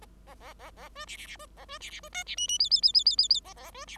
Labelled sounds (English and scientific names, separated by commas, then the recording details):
Bengalese Finch (Lonchura striata domestica) song
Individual Bird5